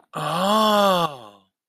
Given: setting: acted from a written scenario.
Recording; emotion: vocal sound without words; realization